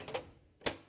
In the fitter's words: This boot then gets popped in like that.